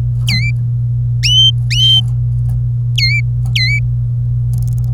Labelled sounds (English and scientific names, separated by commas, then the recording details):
Domestic Canary (Serinus canaria) song
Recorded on 25 April 2018 at 17:00
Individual llb3